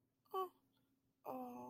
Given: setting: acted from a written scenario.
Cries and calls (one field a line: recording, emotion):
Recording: vocal sound without words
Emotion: sympathy